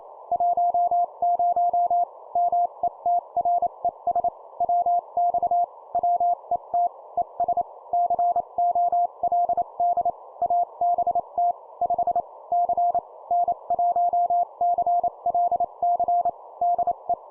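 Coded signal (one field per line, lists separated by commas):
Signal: Morse code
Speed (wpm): 28 wpm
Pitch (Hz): 700 Hz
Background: none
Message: 10 METRES WX WET ES COLD ABT 5 C N1CLC DE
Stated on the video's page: Example 25 wpm CW QSO in standard format for copy practice; the station describes 30 watts into a vertical.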